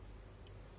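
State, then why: Seated. A microSD memory card is inserted face-up into the small card slot of a VStarcam CS51 outdoor waterproof IP security camera and pressed in until it seats with a short, sharp click at 0.5 s. The card does not go fully flush, and a small part is left sticking out. No one talks, and a low steady hum runs underneath.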